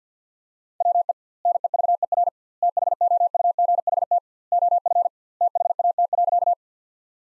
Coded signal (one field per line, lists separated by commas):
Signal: Morse code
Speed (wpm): 50 wpm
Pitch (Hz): 700 Hz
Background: none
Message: WE NEVER THOUGHT OF THAT.